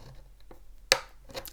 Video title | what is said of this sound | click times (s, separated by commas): Workbench Session - Hunt couplings and Dapol wheels upgrade - transforms old Hornby UK coaches | Right, that's, you could hear that just click on there. | 0.9 s